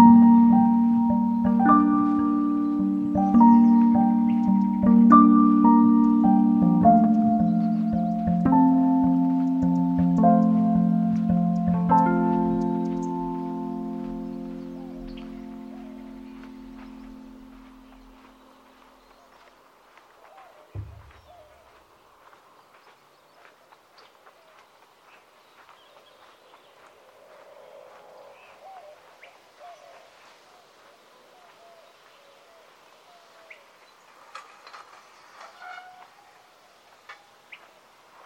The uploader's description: Tubac, AZ on the historic Anza Trail, which meanders here along the Santa Cruz River